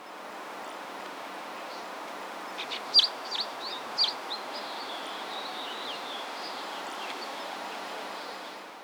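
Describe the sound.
Bird calls: a short burst of sharp, high chirps in the first half, over a steady background hiss.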